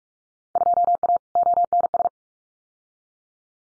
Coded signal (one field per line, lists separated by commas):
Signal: Morse code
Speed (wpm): 46 wpm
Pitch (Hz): 700 Hz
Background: none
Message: 2A ONS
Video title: Field Day Exchange 45wpm